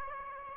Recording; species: mosquito wingbeat signal from an infrared sensor; Aedes aegypti